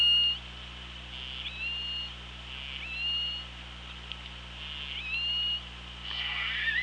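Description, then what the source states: Killer whale calls, several short tones each ending in a quick upward step, with a noisier burst near the end, over a constant low hum. Recorded on an OrcaLab hydrophone, 24 August 2017 at 07:46.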